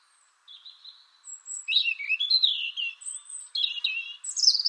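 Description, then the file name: European robin song beginning with a faint thin whistle, then building into sliding, wavering high notes and rapid, sparkling trills that grow louder. "Erithacus rubecula"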